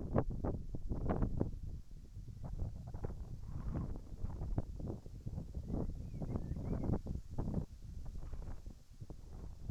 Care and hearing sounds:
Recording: everyday scene through a hearing-aid microphone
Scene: wind on the microphone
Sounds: wind, whistling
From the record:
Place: in front of a rural house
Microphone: behind the ear, right, front

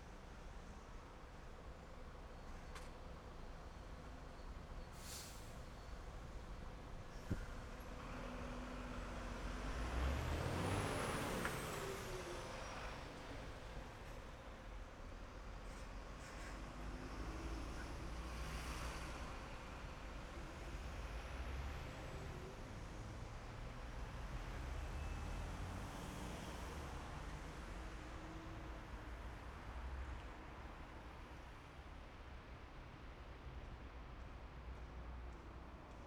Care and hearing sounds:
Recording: everyday scene through a hearing-aid microphone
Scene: in traffic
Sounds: traffic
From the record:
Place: main city hub, rush hour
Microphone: behind the ear, right, front

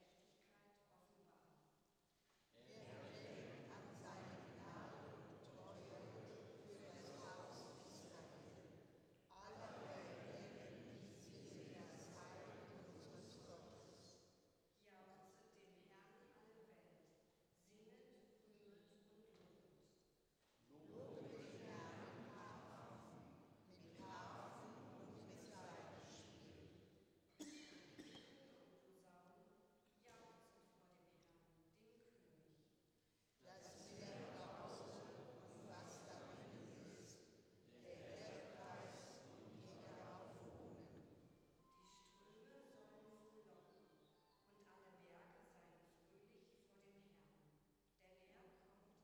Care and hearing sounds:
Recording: everyday scene through a hearing-aid microphone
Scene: reverberant space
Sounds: speech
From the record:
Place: church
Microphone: in the ear canal, left

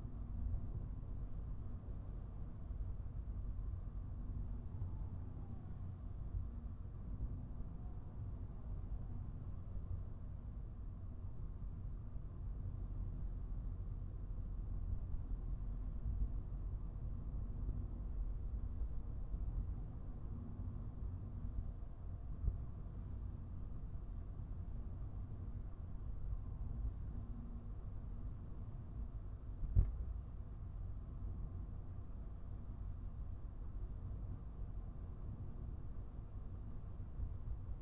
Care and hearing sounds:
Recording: everyday scene through a hearing-aid microphone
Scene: in a vehicle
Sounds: engine, traffic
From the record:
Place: Skoda Fabia, gasoline engine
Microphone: behind the ear, right, front

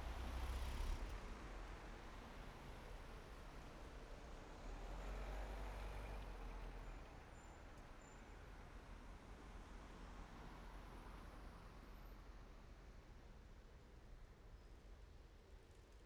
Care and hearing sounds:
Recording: everyday scene through a hearing-aid microphone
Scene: in traffic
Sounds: traffic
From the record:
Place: main road on the outskirts, rush hour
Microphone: behind the ear, right, front

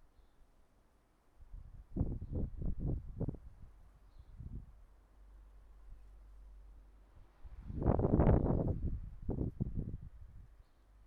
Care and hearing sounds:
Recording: everyday scene through a hearing-aid microphone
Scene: wind on the microphone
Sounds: wind, traffic, birds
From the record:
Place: suburban garden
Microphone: behind the ear, right, rear

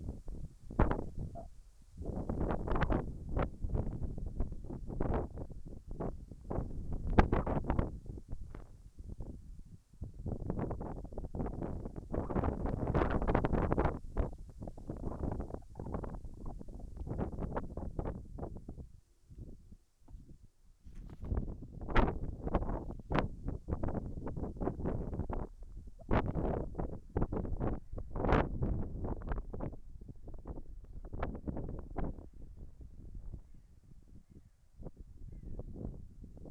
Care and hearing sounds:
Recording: everyday scene through a hearing-aid microphone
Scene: wind on the microphone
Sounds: wind, whistling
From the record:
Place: in front of a rural house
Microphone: behind the ear, right, rear

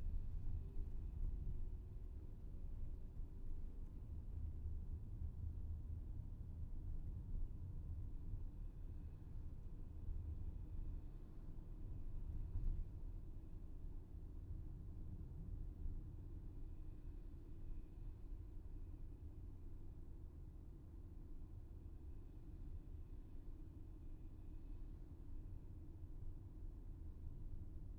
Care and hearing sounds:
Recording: everyday scene through a hearing-aid microphone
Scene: in a vehicle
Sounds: engine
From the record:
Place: VW T5 Caravelle, diesel engine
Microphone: behind the ear, left, front

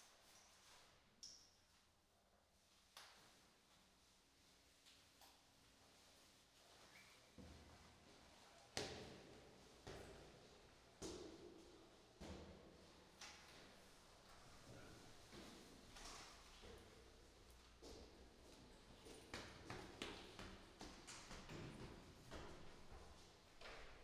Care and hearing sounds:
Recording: everyday scene through a hearing-aid microphone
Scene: reverberant space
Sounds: background noise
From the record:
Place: staircase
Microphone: in the ear canal, right

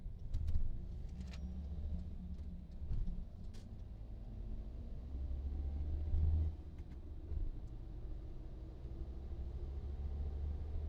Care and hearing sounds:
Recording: everyday scene through a hearing-aid microphone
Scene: in a vehicle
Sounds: engine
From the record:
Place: VW T5 Caravelle, diesel engine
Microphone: in the ear canal, right

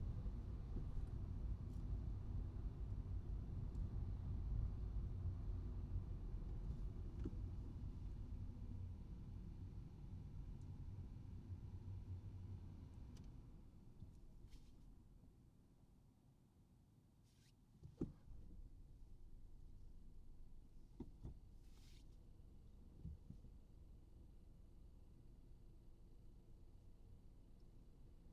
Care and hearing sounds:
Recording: everyday scene through a hearing-aid microphone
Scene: in a vehicle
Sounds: engine, traffic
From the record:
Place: Skoda Fabia, gasoline engine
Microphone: in the ear canal, right

